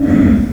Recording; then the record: squeal of a Yucatan mini pig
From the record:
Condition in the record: after surgery on the right vocal fold (resection and tissue-engineered implant); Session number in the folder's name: 7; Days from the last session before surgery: 47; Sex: female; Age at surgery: 19 weeks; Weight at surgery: 25 kg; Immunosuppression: prednisolone